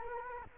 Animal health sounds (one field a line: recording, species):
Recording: mosquito wingbeat signal from an infrared sensor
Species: Culex quinquefasciatus